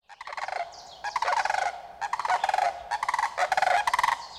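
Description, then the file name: Sandhill Crane rolling, rattling calls in several rough, pulsed bursts. "More than You Wanted to Know about Sandhill Crane Part I"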